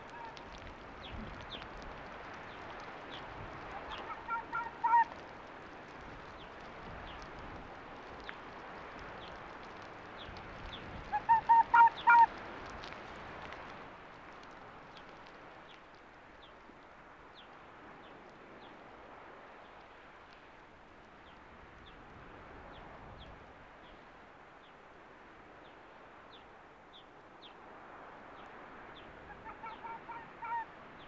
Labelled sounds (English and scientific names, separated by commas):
Arctic Fox (Vulpes lagopus)